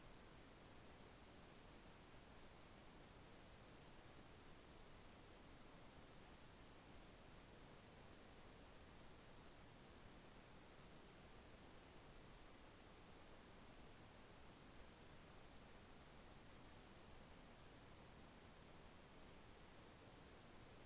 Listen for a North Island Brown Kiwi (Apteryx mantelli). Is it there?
no